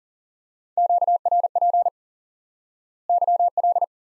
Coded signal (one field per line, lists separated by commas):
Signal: Morse code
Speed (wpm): 40 wpm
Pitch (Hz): 700 Hz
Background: none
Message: QRP YL